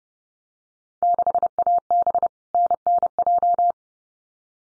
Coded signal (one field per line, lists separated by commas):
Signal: Morse code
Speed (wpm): 30 wpm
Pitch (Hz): 700 Hz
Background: none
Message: 6AB NNJ